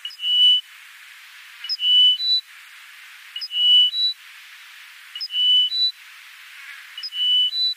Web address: Schulze Peter Bar-tailed Lark song